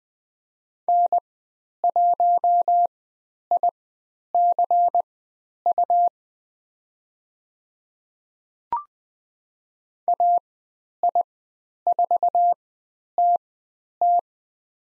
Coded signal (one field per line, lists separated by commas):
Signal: Morse code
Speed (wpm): 20 wpm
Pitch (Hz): 700 Hz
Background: none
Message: N1ICU AI4TT